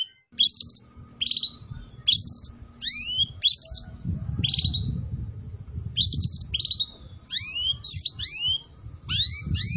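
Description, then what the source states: Atlantic canary: bird repeating sharp chirps and whistled notes in irregular bursts, with a steady low rumble of background noise. Recording used as a lure call for bird-trapping.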